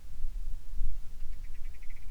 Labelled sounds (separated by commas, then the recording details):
grouse or ptarmigan, wind
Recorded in the Prudhoe Bay oil fields, Alaska, on 25 July 2019 at 01:55
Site 11